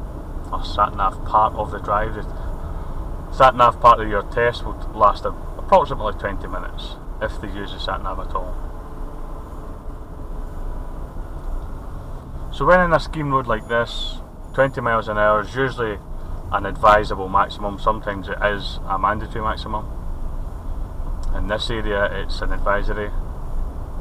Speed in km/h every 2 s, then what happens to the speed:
27, 27, 29, 27, 27, 26, 21, 21, 21, 23, 23, 23.
0-8 steady at about 27. 8-12 slows to 21. 12-24 steady at about 21.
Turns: none.